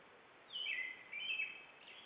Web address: robin-you-are-not-a-nightjar robin